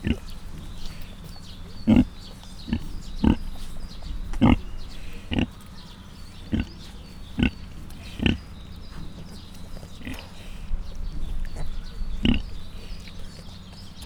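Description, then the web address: Mangalica piglets giving short, sharp grunts, about a dozen scattered irregularly throughout over a steady low hum. Mangalica breed; five cat-sized suckling piglets; captive at a zoo in Miskolc; recorded 2018. "allathangok 2018 mangalica otmacskanagysaguszoposmalac"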